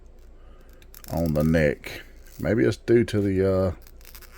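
A plastic human head is being worked onto the neck joint of a Hasbro G.I. Joe Classified Crystal Ball action figure, a head that does not snap well on the neck. Someone talks over faint handling taps around 0.7–0.9 s and at 4.1 s. Nothing has seated or clicked yet.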